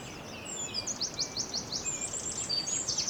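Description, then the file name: Eurasian wren song: a quick series of sharp, downward-slurred high notes repeated several times a second, with thin whistles behind. "Troglodytes troglodytes"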